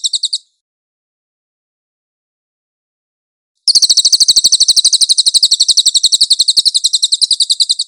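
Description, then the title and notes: Cililin song: a brief high trill, then about three seconds of silence, then a sustained fast chattering trill of repeated notes. Cililin song for cage-bird training. "SUARA BURUNG CILILIN. CICILIN"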